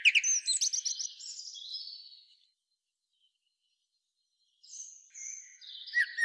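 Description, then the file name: Common blackbird twittering in rapid, squeaky high notes, a long silence, then thin whistles and chirps. "Turdus merula"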